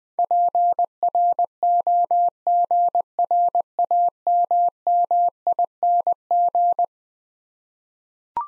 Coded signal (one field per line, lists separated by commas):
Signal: Morse code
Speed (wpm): 20 wpm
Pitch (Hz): 700 Hz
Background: none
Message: PROGRAMMING